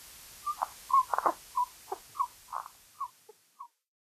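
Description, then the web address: Tarahumara frog giving short grunting notes in an uneven series, then silence. North America. "Songs of Frogs Toads of North America 72-Tarahumara Frog"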